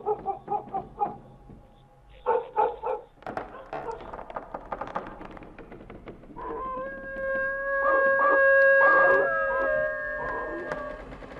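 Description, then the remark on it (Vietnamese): A neighbour's dog gives several quick, sharp barks in short bursts, then breaks into a long, sustained howl that holds a steady pitch and swells louder toward the end. “Con chó nhà hàng xóm bấy giờ cứ chĩa sang bên này mà chu lên rồi cắn ông ầm.”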